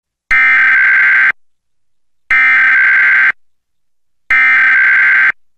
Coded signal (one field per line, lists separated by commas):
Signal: Emergency Alert System (SAME) tones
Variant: header bursts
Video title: EAS Reenactment Mock: SVR with Midland WR120 - 07/16/2020